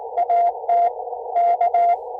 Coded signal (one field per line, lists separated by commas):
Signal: Morse code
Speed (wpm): 18 wpm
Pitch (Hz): 700 Hz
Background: none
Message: AT K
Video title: Can you take me higher? Morse Code takes me to another place. #hamradio #pota #CW #QRP #Portable